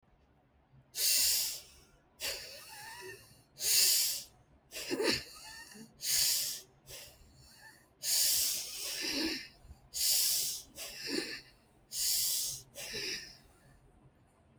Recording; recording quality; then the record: deep breathing; excellent, no background noise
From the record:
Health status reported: respiratory illness, not identified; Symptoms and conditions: asthma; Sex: female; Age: 69 years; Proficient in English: yes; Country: India